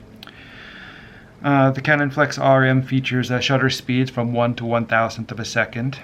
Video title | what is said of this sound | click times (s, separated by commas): Canon Canonflex RM SLR Film Camera | and it's locked into place. | 0.2 s, 0.3 s